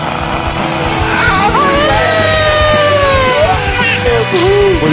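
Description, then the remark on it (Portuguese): A person yells loudly in one long, drawn-out shout, the pitch wavering up and down and dipping near the end, over a steady low rumble. “Aí, vai se fuder, escroto esse negócio de ficar gritando no início do podcast.”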